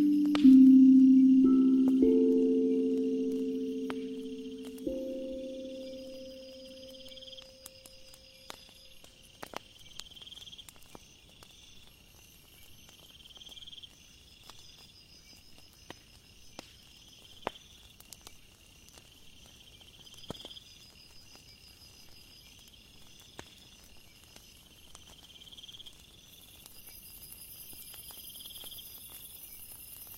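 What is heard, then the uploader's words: An ethereal drum opens with a few low, ringing tones that fade out over the first eight seconds or so. Crickets chirp steadily and brightly throughout, while firewood crackles with scattered sharp pops and snaps every few seconds. 528Hz ethereal drum, bonfire, firewood sound, insects.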